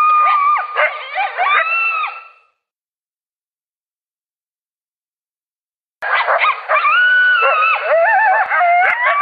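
Coyote yips and short howls for two and a half seconds, a quiet gap of three and a half seconds, then a renewed burst of overlapping howling and yelping.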